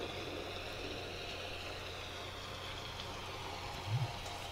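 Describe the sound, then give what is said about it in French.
Steady, even rain hisses throughout, with a brief low rumble of far-off thunder rising near the end before fading back into the downpour. “J'entends toujours la pluie et l'orage au loin.”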